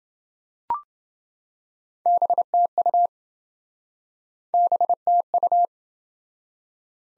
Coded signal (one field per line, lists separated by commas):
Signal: Morse code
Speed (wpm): 26 wpm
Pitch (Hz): 700 Hz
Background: none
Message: BTU BTU